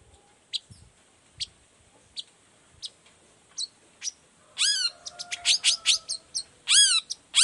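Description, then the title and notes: Long-tailed shrike song: sparse sharp high chips at first, then a rapid burst of bright descending whistled and harsh notes with repeated down-slurred phrases. Morning song of a cendet, used as a lure to make other shrikes of any type reply quickly and open their beaks; varied 'toet toet' voice. "Cendet Gacor Dor Di Kala Pagi Toet Toet Variasi Suara. Cendet Gacor Efektif Pancingan Buat Cendet Jenis Apapun Agar Cepat Nyaut Buka Paruh. Burung cendet"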